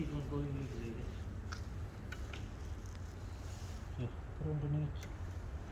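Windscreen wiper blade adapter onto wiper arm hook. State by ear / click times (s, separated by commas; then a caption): not seated / none. On a BMW E60 5 Series, the original windscreen wiper blade's plastic adapter is slid back onto the metal wiper arm hook and tucked underneath while someone talks, to check whether it goes in easily. Faint handling ticks occur around 1.5, 2.1, 2.3 and 2.9 seconds, but the clip ends before the blade is pushed home, so nothing has seated or clicked yet.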